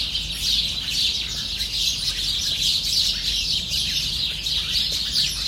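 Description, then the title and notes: Starlings giving busy communal chatter, high rasping and squeaky notes packed tightly. Flock in a shrub bed at 9 Rue Pascal Tavernier, Saint-Étienne, France; recorded on an iPhone SE, normalised in Audacity. "9 Rue Pascal Tavernier, 42000 Saint-Étienne, France - starling & cat. étourneaux (starling) dans un massif puis arrivée d'un chat"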